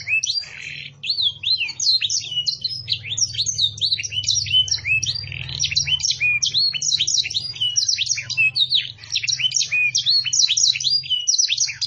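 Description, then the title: Canary song, a long unbroken run of rapid high trills and twittering notes with quick rising and falling phrases, over a low hum. Canary singing in the cengkok mewah song style, described as a clear voice. "Cengkok Kenari Mewah. kenari CENGKOK MEWAH suara jernih"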